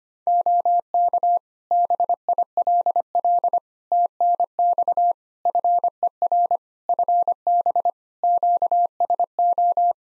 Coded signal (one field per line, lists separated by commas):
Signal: Morse code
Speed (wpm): 25 wpm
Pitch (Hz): 700 Hz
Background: none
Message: OK BILL TNX FER FB QSO